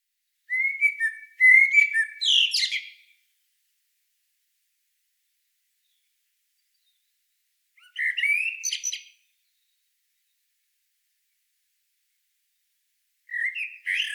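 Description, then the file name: Common blackbird song: three separate phrases of fluty whistles and high twittering, with silence between, the last one cut off. "Turdus merula"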